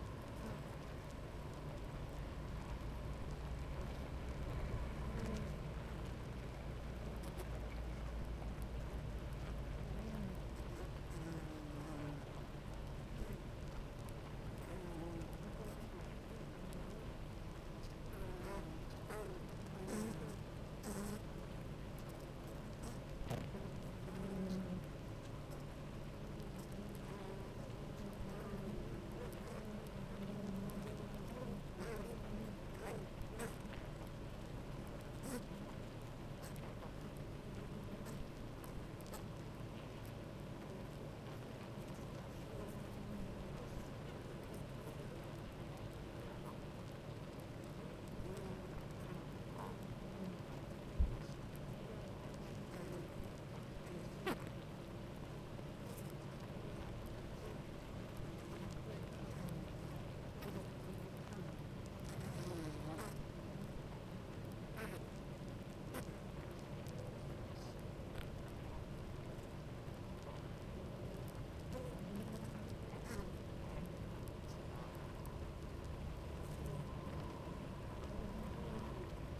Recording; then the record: honeybee colony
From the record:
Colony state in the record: active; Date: 28 July 2017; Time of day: 9:27